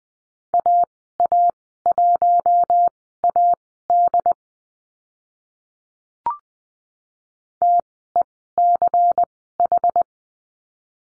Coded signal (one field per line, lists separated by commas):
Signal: Morse code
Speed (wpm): 20 wpm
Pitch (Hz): 700 Hz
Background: none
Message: AA1AD TECH